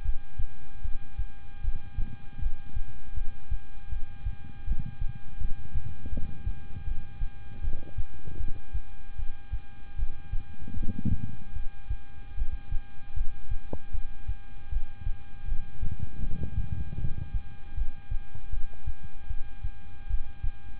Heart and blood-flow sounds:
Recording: heart sounds by stethoscope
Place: between the tricuspid and mitral areas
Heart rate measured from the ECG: 78 bpm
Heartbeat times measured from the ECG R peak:
0.02 s: heartbeat
0.82 s: heartbeat
1.61 s: heartbeat
2.39 s: heartbeat
3.14 s: heartbeat
3.89 s: heartbeat
4.65 s: heartbeat
5.38 s: heartbeat
6.10 s: heartbeat
6.85 s: heartbeat
7.61 s: heartbeat
8.38 s: heartbeat
9.16 s: heartbeat
9.96 s: heartbeat
10.74 s: heartbeat
11.53 s: heartbeat
12.35 s: heartbeat
13.14 s: heartbeat
13.91 s: heartbeat
14.69 s: heartbeat
15.45 s: heartbeat
16.20 s: heartbeat
16.97 s: heartbeat
17.75 s: heartbeat
18.50 s: heartbeat
19.27 s: heartbeat
20.07 s: heartbeat
From the record:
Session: rest, lying down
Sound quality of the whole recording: good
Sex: male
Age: 26 years

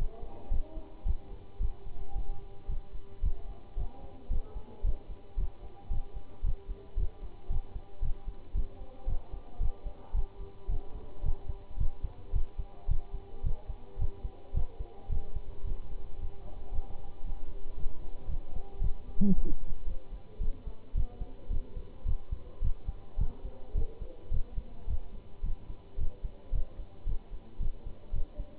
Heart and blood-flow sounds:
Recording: heart sounds by stethoscope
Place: between the tricuspid and mitral areas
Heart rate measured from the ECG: 111 bpm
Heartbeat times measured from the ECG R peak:
0.52 s: heartbeat
1.07 s: heartbeat
1.61 s: heartbeat
2.16 s: heartbeat
2.70 s: heartbeat
3.24 s: heartbeat
3.78 s: heartbeat
4.31 s: heartbeat
4.85 s: heartbeat
5.38 s: heartbeat
5.91 s: heartbeat
6.44 s: heartbeat
6.98 s: heartbeat
7.51 s: heartbeat
8.03 s: heartbeat
8.56 s: heartbeat
9.08 s: heartbeat
9.61 s: heartbeat
10.15 s: heartbeat
10.70 s: heartbeat
11.24 s: heartbeat
11.79 s: heartbeat
12.34 s: heartbeat
12.89 s: heartbeat
13.44 s: heartbeat
13.99 s: heartbeat
14.55 s: heartbeat
15.10 s: heartbeat
15.65 s: heartbeat
16.19 s: heartbeat
16.73 s: heartbeat
17.26 s: heartbeat
17.78 s: heartbeat
18.30 s: heartbeat
18.82 s: heartbeat
19.35 s: heartbeat
19.88 s: heartbeat
20.41 s: heartbeat
20.95 s: heartbeat
21.51 s: heartbeat
22.06 s: heartbeat
22.63 s: heartbeat
23.19 s: heartbeat
23.76 s: heartbeat
24.32 s: heartbeat
24.88 s: heartbeat
25.44 s: heartbeat
25.99 s: heartbeat
26.53 s: heartbeat
27.07 s: heartbeat
27.61 s: heartbeat
28.14 s: heartbeat
From the record:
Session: Bruce protocol treadmill stress test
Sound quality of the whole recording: good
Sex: male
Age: 25 years

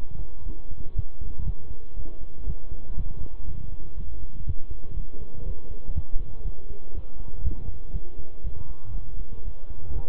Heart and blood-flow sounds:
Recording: heart sounds by stethoscope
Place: between the tricuspid and mitral areas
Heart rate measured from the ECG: 120 bpm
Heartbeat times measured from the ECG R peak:
0.46 s: heartbeat
0.96 s: heartbeat
1.46 s: heartbeat
1.97 s: heartbeat
2.47 s: heartbeat
2.97 s: heartbeat
3.47 s: heartbeat
3.98 s: heartbeat
4.47 s: heartbeat
4.97 s: heartbeat
5.46 s: heartbeat
5.96 s: heartbeat
6.45 s: heartbeat
6.95 s: heartbeat
7.44 s: heartbeat
7.94 s: heartbeat
8.44 s: heartbeat
8.95 s: heartbeat
9.45 s: heartbeat
9.96 s: heartbeat
From the record:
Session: bicycle stress test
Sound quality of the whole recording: good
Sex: male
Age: 23 years

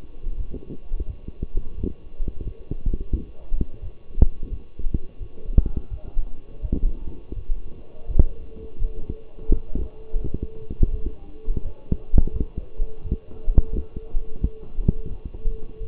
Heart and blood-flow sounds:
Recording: heart sounds by stethoscope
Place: between the tricuspid and mitral areas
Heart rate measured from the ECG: 86 bpm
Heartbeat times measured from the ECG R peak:
0.36 s: heartbeat
1.06 s: heartbeat
1.76 s: heartbeat
2.44 s: heartbeat
3.11 s: heartbeat
3.81 s: heartbeat
4.49 s: heartbeat
5.19 s: heartbeat
5.89 s: heartbeat
6.61 s: heartbeat
7.35 s: heartbeat
8.07 s: heartbeat
8.78 s: heartbeat
9.50 s: heartbeat
10.21 s: heartbeat
10.91 s: heartbeat
11.63 s: heartbeat
12.32 s: heartbeat
13.03 s: heartbeat
13.72 s: heartbeat
14.40 s: heartbeat
15.09 s: heartbeat
15.79 s: heartbeat
From the record:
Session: walking at 3.7 km/h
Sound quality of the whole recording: partially saturated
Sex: male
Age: 24 years

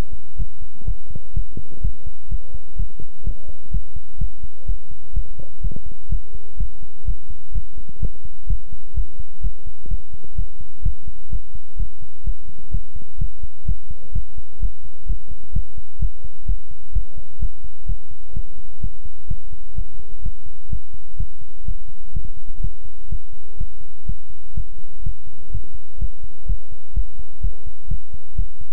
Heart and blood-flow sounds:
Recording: heart sounds by stethoscope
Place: between the tricuspid and mitral areas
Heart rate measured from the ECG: 126 bpm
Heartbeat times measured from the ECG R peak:
0.36 s: heartbeat
0.85 s: heartbeat
1.33 s: heartbeat
1.81 s: heartbeat
2.28 s: heartbeat
2.76 s: heartbeat
3.23 s: heartbeat
3.71 s: heartbeat
4.18 s: heartbeat
4.65 s: heartbeat
5.13 s: heartbeat
5.61 s: heartbeat
6.09 s: heartbeat
6.57 s: heartbeat
7.05 s: heartbeat
7.52 s: heartbeat
7.99 s: heartbeat
8.47 s: heartbeat
8.94 s: heartbeat
9.41 s: heartbeat
9.88 s: heartbeat
10.35 s: heartbeat
10.82 s: heartbeat
11.29 s: heartbeat
11.76 s: heartbeat
12.24 s: heartbeat
12.71 s: heartbeat
13.18 s: heartbeat
13.65 s: heartbeat
14.12 s: heartbeat
14.59 s: heartbeat
15.06 s: heartbeat
15.52 s: heartbeat
15.99 s: heartbeat
16.46 s: heartbeat
16.92 s: heartbeat
17.39 s: heartbeat
17.86 s: heartbeat
18.33 s: heartbeat
18.80 s: heartbeat
19.27 s: heartbeat
19.74 s: heartbeat
20.22 s: heartbeat
20.69 s: heartbeat
21.16 s: heartbeat
21.64 s: heartbeat
22.12 s: heartbeat
22.60 s: heartbeat
23.08 s: heartbeat
23.56 s: heartbeat
24.05 s: heartbeat
24.53 s: heartbeat
25.02 s: heartbeat
25.50 s: heartbeat
25.98 s: heartbeat
26.46 s: heartbeat
26.93 s: heartbeat
27.41 s: heartbeat
27.88 s: heartbeat
28.35 s: heartbeat
From the record:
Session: pedaling a stationary bicycle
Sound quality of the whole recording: good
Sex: male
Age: 24 years

